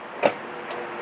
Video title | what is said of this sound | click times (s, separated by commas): Do I HATE Anything About My Nismo 370Z? | you heard it pop. | 0.3 s